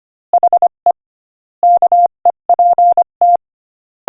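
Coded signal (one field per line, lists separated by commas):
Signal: Morse code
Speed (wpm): 24 wpm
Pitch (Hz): 700 Hz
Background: none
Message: HE KEPT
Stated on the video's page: Morse code listening practice at 25 wpm, text of a joke.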